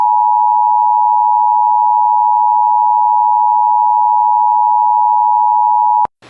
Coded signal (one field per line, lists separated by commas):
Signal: Emergency Alert System (SAME) tones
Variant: 853 and 960 Hz attention tone